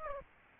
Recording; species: mosquito wingbeat signal from an infrared sensor; Aedes albopictus